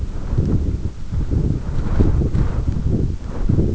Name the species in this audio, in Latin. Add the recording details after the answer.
none. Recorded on Arctic tundra, site EABA-1, on 22 June 2018. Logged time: 14:00